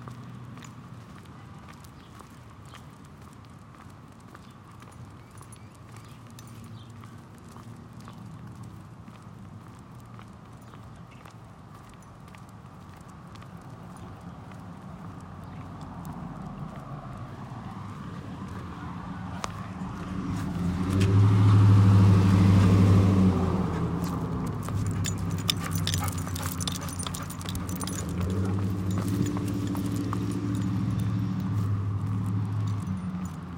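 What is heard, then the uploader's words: Footsteps tap steadily along a city street with a low traffic hum behind them. The rumble grows from about halfway, a car passes loud at around 21–23 seconds, and a deep engine drone lingers to the end. We walk through the adjacent streets of Central Phoenix by our home, taking in the sights and sounds of the neighborhood as we make our way to a perfect spot to watch the sunrise by the canal. June | Summer.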